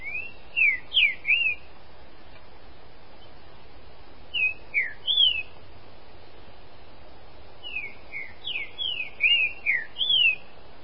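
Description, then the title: Green-winged saltator song: loud clear whistled notes sweeping up and down, delivered in three bursts of quick phrases with gaps between them. "Trinca Ferro"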